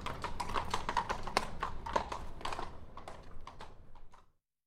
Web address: Hollywood Edge Historical Series War Horses Armies Weapons Two Horses Walk By On Cobbles